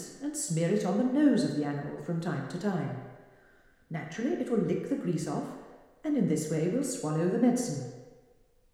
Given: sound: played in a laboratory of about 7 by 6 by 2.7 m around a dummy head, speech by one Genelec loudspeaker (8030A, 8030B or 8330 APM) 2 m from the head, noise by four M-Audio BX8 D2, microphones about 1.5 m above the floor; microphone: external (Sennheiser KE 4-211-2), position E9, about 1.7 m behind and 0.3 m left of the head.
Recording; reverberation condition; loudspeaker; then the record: female speech in English; high; 150 degrees to the left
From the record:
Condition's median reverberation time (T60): about 1300 ms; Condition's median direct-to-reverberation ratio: about -4.0 dB